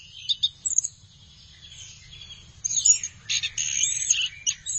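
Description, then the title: Thrush song starting with a few sparse high notes, then bursting into loud fast chattering phrases halfway through, with faint low hum. "burung anis x"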